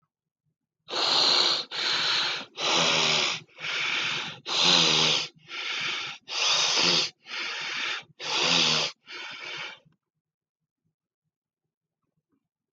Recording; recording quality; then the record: shallow breathing; excellent, no background noise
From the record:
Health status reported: healthy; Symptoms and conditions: asthma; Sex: male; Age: 21 years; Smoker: not ticked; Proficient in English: yes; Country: India